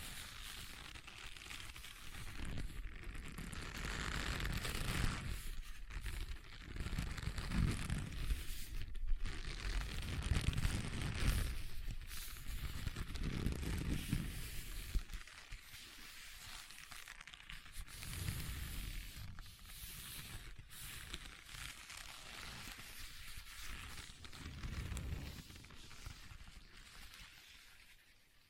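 Leather being scratched and tapped, with dense, rough rubbing that swells and fades in uneven waves across the clip. Dull low thumps land irregularly, heaviest around the middle, while a hissy scraping texture runs throughout, quieter after fifteen seconds.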